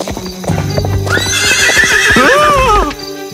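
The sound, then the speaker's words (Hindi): A horse being ridden down the middle of a street lets out a loud, shrill whinny that wavers and slides downward in pitch, while hooves clip-clop steadily underneath from start to finish. “तुम ध्यान रखो लड़के, तुम सड़क के बीचों बीच घोड़े पर सवारी नहीं कर सकते हो।”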